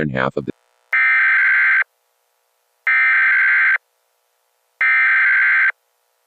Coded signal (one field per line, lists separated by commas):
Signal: Emergency Alert System (SAME) tones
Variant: header bursts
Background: speech